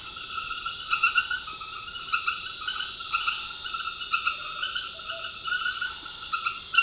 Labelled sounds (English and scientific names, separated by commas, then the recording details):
none
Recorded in secondary vegetation near Puerto Asís, Putumayo, Colombia, on 13 March 2025 at 21:00
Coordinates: 0.488, -76.319
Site G095